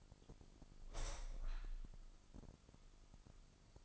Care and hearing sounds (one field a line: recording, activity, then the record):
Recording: daily activity, microphone in the room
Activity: open window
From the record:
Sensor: 5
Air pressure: 1004.7 hPa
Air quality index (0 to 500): 81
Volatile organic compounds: 1 ppm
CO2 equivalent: 965 ppm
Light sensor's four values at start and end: 34/79/32/31 and 34/79/32/31